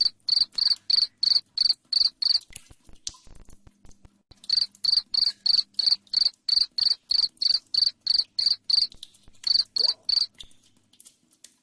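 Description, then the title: Cricket chirping loudly and shrilly, evenly spaced pulses roughly three per second, broken by a pause around three seconds and a brief gap later. Loud cricket chirping played to make lovebirds sing continuously. "Suara JANGKRIK NGERIK Keras Bikin LOVEBIRD Jadi NGEKEK Terus Vubey"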